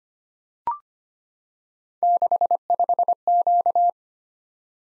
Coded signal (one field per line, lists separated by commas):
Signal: Morse code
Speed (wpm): 25 wpm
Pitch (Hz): 700 Hz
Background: none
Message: 65Q